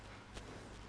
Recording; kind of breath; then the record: one breath in and out by a microphone near the nose and mouth; strong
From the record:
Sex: male